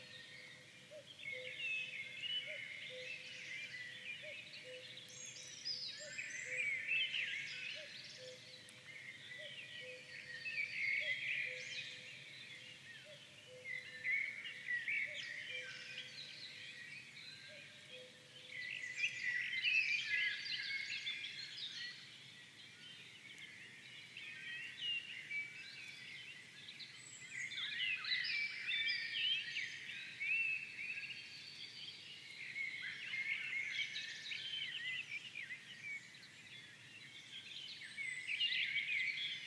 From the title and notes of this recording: Stillness at a forest pond. Droprig recording close to the water surface. A relaxing background chorus of thrushes, warblers and tits can be heard throughout the recording.